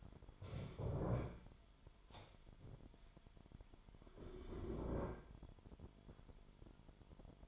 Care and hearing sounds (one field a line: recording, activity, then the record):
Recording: daily activity, microphone in the room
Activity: stand up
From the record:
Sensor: 5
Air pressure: 998.6 hPa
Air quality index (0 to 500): 91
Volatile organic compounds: 2 ppm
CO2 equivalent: 1038 ppm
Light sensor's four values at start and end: 33/80/33/37 and 33/79/33/37